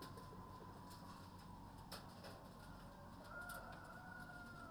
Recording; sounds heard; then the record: poultry house recording; healthy chickens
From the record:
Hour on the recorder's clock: 0